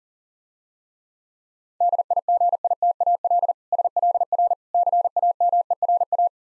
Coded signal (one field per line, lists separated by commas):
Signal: Morse code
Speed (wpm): 40 wpm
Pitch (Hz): 700 Hz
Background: none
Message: DIGITAL SLR CAMERA